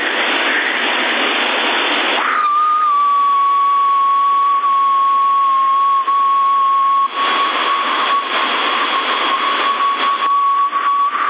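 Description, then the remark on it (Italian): After a couple of seconds of rushing noise, a person whistles one long, steady note over a CB radio, holding the same pitch to the end and carrying clearly over a continuous hiss that swells now and then. “Guarda, ti mando un fischio, provo a fare lo scatto mentre fischio.”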